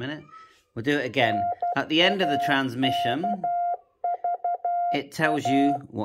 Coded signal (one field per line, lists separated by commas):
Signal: Morse code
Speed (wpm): 12 wpm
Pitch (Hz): 700 Hz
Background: speech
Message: NAKVA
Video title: YAESU 857D CW TRAINING MODE